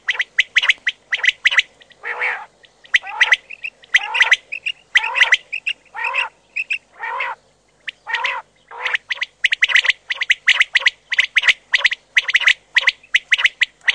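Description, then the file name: Common quail calls: rough, squawky bursts mixed with short clipped notes throughout. Filtered audio. "QUAGLIA"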